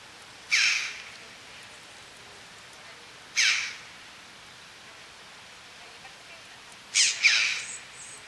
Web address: Gracchio corallino